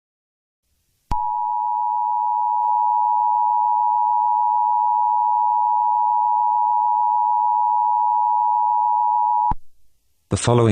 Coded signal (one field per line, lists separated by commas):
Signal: Emergency Alert System (SAME) tones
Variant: 853 and 960 Hz attention tone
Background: speech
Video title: EAS Scenario #12: Irish Republican Army Insurgency.